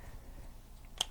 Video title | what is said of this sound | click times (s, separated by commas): Work Sharp Precision Adjust Knife Sharpener - IN DEPTH REVIEW/TEST | we can rotate this everything locks into place really nice you have your medium 600 grit | 1.0 s